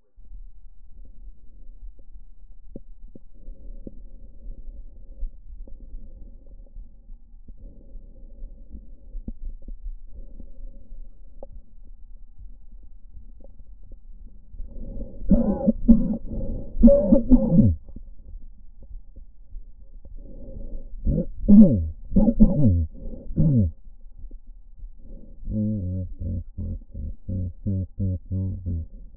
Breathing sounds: lung sounds by stethoscope; left anterior apical chest; quiet breathing, then cough and speech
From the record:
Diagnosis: none (healthy); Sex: male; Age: 34 years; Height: 174 cm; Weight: 93 kg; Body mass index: 30.7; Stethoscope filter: diaphragm mode

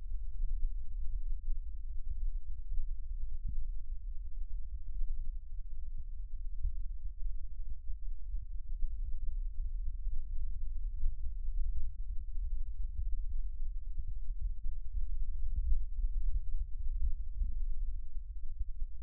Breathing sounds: lung sounds by stethoscope; left anterior apical chest; quiet breathing, then deep breathing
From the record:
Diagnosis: COPD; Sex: male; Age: 65 years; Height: 162 cm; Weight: 67.8 kg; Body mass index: 25.8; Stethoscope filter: bell mode

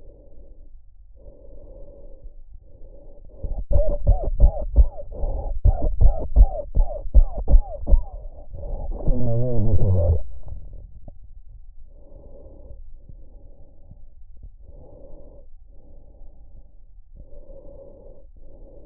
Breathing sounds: lung sounds by stethoscope; trachea; quiet breathing, then cough and speech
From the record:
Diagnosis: COPD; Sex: male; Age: 70 years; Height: 183 cm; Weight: 116 kg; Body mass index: 34.6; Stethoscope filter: extended mode

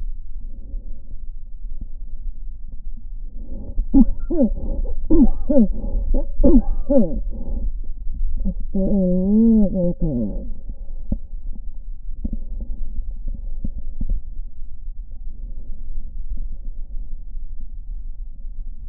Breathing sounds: lung sounds by stethoscope; right anterior apical chest; quiet breathing, then cough and speech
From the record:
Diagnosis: interstitial lung disease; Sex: female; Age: 74 years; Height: 150 cm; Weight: 69.8 kg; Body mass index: 31.0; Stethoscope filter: diaphragm mode

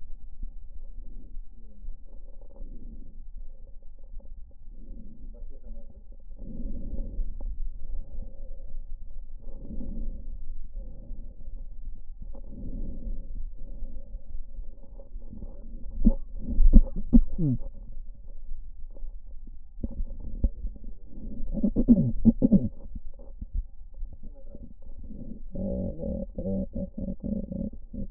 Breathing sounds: lung sounds by stethoscope; left anterior apical chest; quiet breathing, then cough and speech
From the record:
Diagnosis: COPD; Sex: female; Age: 72 years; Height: 156 cm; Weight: 72 kg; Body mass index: 29.6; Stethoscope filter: diaphragm mode

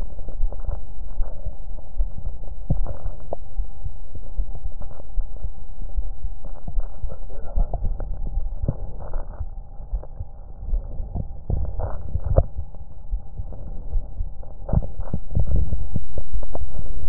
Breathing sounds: lung sounds by stethoscope; left posterior apical chest; quiet breathing, then cough and speech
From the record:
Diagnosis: pulmonary infection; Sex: female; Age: 74 years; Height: 160 cm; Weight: 66 kg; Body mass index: 25.8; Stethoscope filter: extended mode

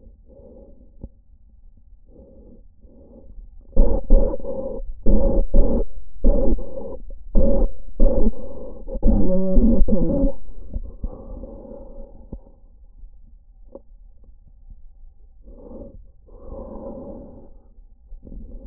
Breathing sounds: lung sounds by stethoscope; trachea; quiet breathing, then cough and speech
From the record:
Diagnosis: asthma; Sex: female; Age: 77 years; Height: 160 cm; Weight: 68.7 kg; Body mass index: 26.6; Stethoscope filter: diaphragm mode

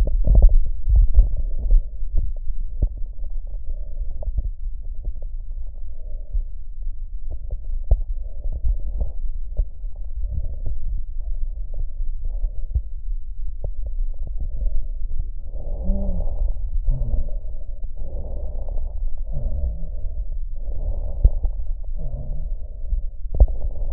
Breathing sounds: lung sounds by stethoscope; right posterior basal chest; quiet breathing, then deep breathing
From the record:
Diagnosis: interstitial lung disease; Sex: female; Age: 72 years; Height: 153 cm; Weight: 71 kg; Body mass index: 30.3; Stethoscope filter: extended mode

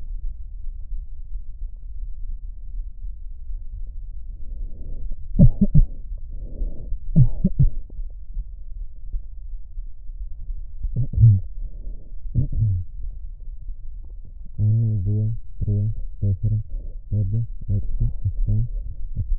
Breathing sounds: lung sounds by stethoscope; left posterior apical chest; quiet breathing, then cough and speech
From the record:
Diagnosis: none (healthy); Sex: male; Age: 29 years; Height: 180 cm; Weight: 100 kg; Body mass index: 30.9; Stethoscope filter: extended mode

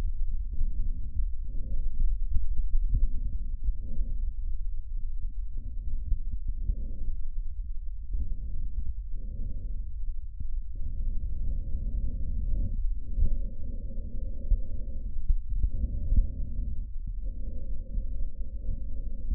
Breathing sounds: lung sounds by stethoscope; trachea; quiet breathing, then deep breathing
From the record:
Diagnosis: interstitial lung disease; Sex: female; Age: 53 years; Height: 168 cm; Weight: 108 kg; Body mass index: 38.3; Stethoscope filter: bell mode

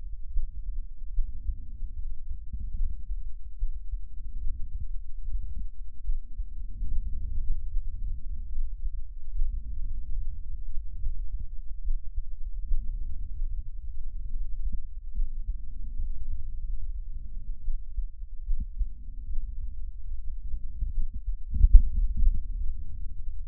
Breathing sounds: lung sounds by stethoscope; left posterior apical chest; quiet breathing, then deep breathing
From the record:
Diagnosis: asthma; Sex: female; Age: 56 years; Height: 161 cm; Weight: 85 kg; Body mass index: 32.8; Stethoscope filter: bell mode

